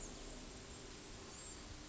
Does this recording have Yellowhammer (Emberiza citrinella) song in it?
no